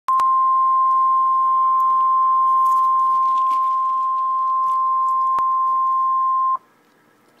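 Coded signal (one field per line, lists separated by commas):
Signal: Emergency Alert System (SAME) tones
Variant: 1050 Hz attention tone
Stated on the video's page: Real alert for a severe thunderstorm warning.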